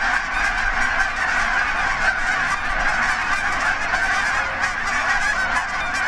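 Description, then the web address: Canada goose: canada geese produce a constant clamour of honks, countless birds calling together without any pause. Geese taking off. "Canada Goose Sounds Goose Takeoff"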